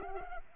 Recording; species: mosquito wingbeat signal from an infrared sensor; Culex pipiens